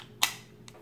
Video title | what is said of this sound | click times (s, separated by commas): Freeman Digital Tire Inflator Review | pops right into a quick disconnect and no leaks or anything and we're good to go | 0.2 s